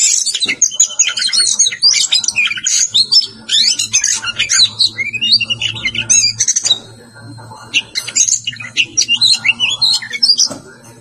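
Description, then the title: Oriental magpie-robin song, a nonstop cascade of loud whistles, trills and chattering notes, briefly dropping quieter before resuming. "Kacer"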